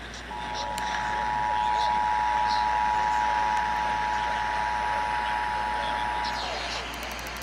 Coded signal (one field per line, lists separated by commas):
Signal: Emergency Alert System (SAME) tones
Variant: 853 and 960 Hz attention tone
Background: speech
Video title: San Diego Required Monthly Test (EAS #199 202) 7/7/21